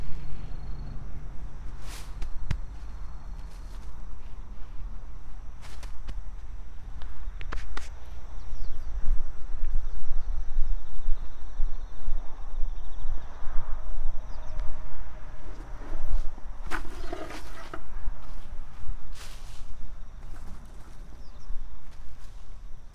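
Insects and birds call over a steady low rumble of distant traffic, with scattered sharp knocks and scrapes from ground work throughout.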